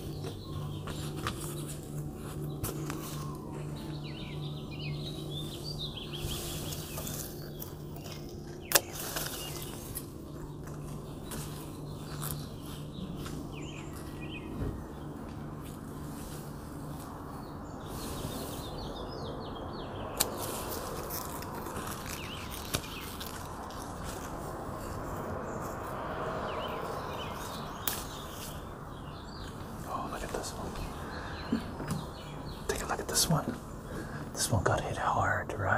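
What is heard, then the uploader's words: Grape leaves being harvested in a patio garden: frequent crisp rustles and snaps of leaves, scattered irregularly throughout, with a few sharper clicks around 9, 20 and 33 seconds. A steady low hum runs underneath, and faint bird chirps come and go. Harvesting Grape Leaves from Our Patio Garden.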